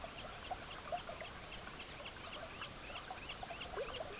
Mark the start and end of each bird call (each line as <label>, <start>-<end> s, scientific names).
Charadrius semipalmatus, 0.00-4.19 s